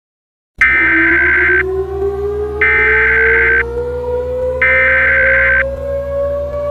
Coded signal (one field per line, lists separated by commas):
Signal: Emergency Alert System (SAME) tones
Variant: header bursts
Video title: EAS Scenario 6: Entity Infestation - Special Backrooms Scenario!